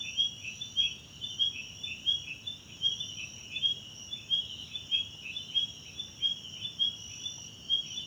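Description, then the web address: Crickets chirp in quick high pulses, slightly uneven rhythm, set against a continuous shrill insect chorus. South African crickets, background night ambience, recorded in a wetland park at Kosi Forest Lodge, South Africa. "Tonschliff - SOUTH AFRICAN CRICKETS BG South Africa Wetland Park Kosi Forest Lodge Night"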